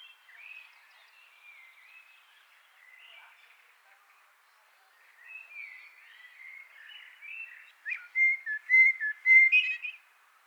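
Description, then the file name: Common blackbird song, soft fluted warbling phrases that grow louder toward the end, with clear whistled notes near eight seconds. "Turdus merula"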